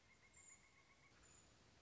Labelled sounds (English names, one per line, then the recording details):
Pileated Woodpecker
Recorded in Sonoma County, California